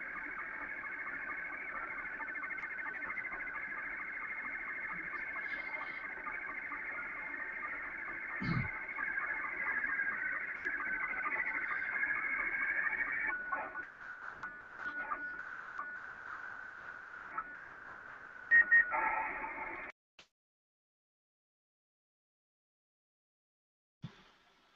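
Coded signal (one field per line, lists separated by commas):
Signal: SSTV (slow-scan television)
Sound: warbling, hissy tone band around 1.5-2 kHz for twenty seconds, ending in short beeps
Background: radio static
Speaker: Okay, while we wait for Joe to unmute the microphone, I like to say that the slow scan television, it was used also in early space missions. So this is a digital version of an analog form of transmission of image communication into space during the 60s.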